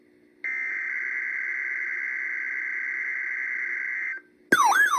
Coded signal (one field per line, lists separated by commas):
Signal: Emergency Alert System (SAME) tones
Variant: header bursts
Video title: 3/10/26 - Virginia Statewide Tornado Drill on WXL60 & WSLQ || EAS 2,052-2,053